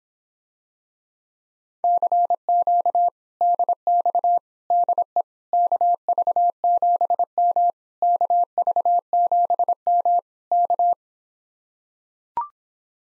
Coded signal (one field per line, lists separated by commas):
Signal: Morse code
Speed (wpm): 26 wpm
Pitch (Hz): 700 Hz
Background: none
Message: CQ DX DE KV7M KV7M K